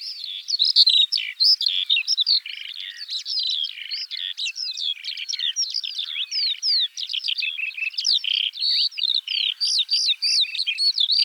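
Eurasian skylark song, a long unbroken torrent of rapid trills, chirps and slurred whistles, high-pitched and fluttering without pause.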